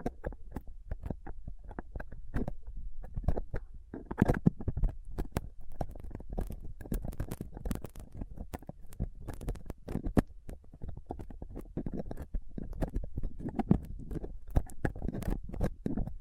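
Rough mic picking with a dental pick, tweezers and cotton swab: dense, irregular scratches and sharp clicks over a steady low rumble throughout.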